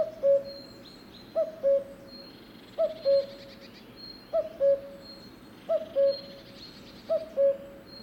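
Cuckoo calling a steady series of six two-note cu-coos, each a higher note then a lower one, with faint high twittering behind.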